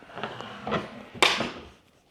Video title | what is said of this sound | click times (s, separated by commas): Affordable Alternatives to Expensive Tools! | that swings up and locks into place so now I can handle | 1.2 s